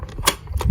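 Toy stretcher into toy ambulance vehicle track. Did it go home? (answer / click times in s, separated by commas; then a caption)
yes / 0.3 s. A plastic toy stretcher is slid along the small track inside a toy ambulance and pushed all the way back until it seats. Light plastic scraping and small taps lead to a sharp click at 0.3 s as it locks into place, followed by quieter handling sounds.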